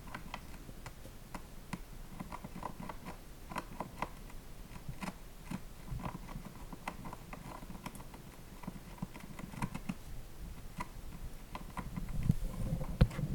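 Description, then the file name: Rat gnawing in quick irregular bursts of sharp scraping clicks, growing louder toward the end. Rat gnawing its way down through a wooden ceiling, indoors. "Rat Gnawing Its Way Down Through Our Wooden Ceiling"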